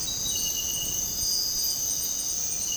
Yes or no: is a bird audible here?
no